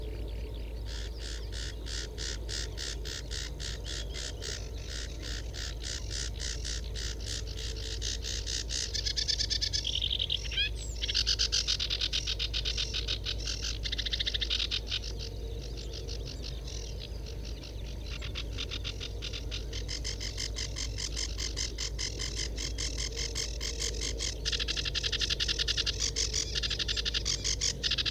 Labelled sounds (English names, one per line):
Sedge Warbler song